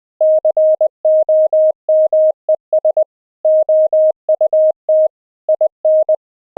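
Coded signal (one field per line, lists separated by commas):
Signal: Morse code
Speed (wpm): 20 wpm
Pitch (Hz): 620 Hz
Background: none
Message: COMES OUT IN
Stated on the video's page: Morse audio sent over the internet via the AMR-NB codec at 12.2 kbps, with CW regeneration by a software sine oscillator applied to received audio.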